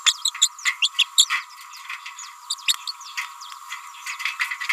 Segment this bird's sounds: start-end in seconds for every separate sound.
0.06-0.13, 0.24-0.32, 0.41-0.49, 0.82-0.89, 0.98-1.04, 1.17-1.26, 2.49-2.55, 2.67-2.73, 2.87-2.93